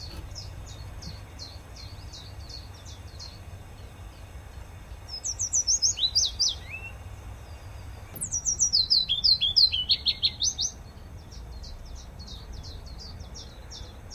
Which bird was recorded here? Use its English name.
Willow Warbler